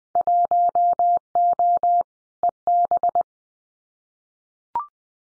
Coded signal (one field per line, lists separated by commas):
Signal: Morse code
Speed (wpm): 20 wpm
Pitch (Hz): 700 Hz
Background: none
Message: 1O EB